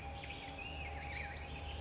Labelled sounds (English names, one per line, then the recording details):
Black-headed Grosbeak
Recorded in Sonoma County, California